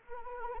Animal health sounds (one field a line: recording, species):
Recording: mosquito wingbeat signal from an infrared sensor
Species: Anopheles arabiensis